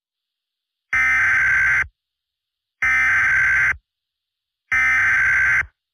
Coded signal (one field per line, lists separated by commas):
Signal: Emergency Alert System (SAME) tones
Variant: header bursts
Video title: EF5 (An EAS Scenario) EAS Scenario #11